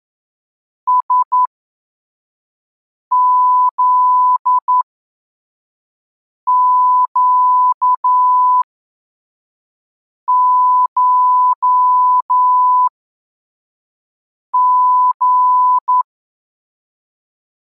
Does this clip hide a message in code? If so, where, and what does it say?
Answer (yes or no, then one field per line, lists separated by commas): yes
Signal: Morse code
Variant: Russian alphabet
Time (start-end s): 0.9-16.0 s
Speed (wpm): 11 wpm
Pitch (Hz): 1000 Hz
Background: none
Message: СЗЩШГ